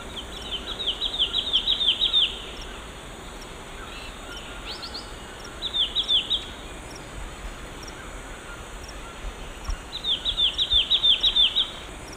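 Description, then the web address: Lemon-chested Greenlet song: rapid runs of sharp, high, repeated notes given in three bursts, with a steady faint ticking in the background. Song, eastern lowlands of South America. "Natures Songs S America Eastern Lowlands. Hylophilus thoracicus, song"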